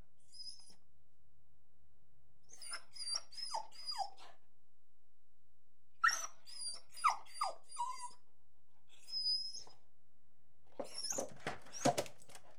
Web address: BBC Sound Effects Library. Beagle Barking